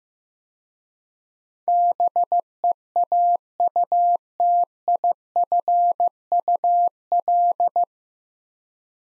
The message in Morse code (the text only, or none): BEAUTIFUL